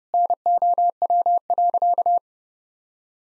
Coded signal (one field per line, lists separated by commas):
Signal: Morse code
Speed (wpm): 30 wpm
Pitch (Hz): 700 Hz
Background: none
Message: NOW.